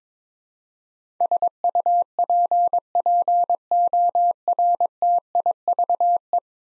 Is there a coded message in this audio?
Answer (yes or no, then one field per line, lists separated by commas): yes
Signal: Morse code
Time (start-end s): 1.2-6.4 s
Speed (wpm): 21 wpm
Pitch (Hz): 700 Hz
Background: none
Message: SUPPORTIVE